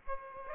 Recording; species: mosquito wingbeat signal from an infrared sensor; Aedes aegypti